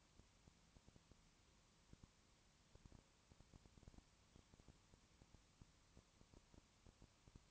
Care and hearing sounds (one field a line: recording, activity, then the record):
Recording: daily activity, microphone in the room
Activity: no activity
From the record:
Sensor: 1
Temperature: 19.7 degrees Celsius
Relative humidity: 40.5%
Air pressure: 1010.7 hPa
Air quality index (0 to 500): 209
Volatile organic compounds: 56 ppm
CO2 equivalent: 3374 ppm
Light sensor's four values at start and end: 1/2/1/1 and 1/2/1/1